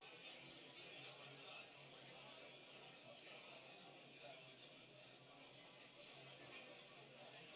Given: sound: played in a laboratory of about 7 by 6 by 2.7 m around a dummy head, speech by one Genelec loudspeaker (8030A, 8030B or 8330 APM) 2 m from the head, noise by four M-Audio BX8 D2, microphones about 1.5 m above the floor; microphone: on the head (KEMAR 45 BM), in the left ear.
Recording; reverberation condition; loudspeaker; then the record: cafeteria noise; low; four, about 170 cm from the corners of the room and facing them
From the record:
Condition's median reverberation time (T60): about 310 ms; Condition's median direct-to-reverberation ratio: about 3.5 dB